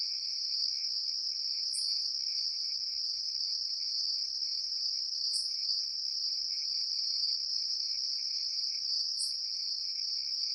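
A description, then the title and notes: Night ambience at a forest edge: a dense, steady high cricket trill throughout, with brief brighter chirps recurring about every three and a half seconds. Forest Edge - Nighttime Ambience. Forest nature.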